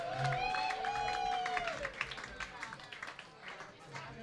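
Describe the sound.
Audience applause at a live concert evening, for the band that opened the show: a dense, steady patter of many hands clapping for about four seconds, with a high gliding whoop or whistle riding over it early on and some crowd voices mixed in.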